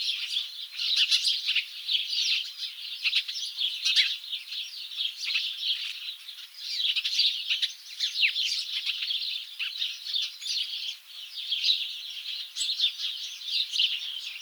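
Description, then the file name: House sparrow chirps, loud clipped notes repeated in short bursts over a constant background of many more chirping birds. "Passer domesticus"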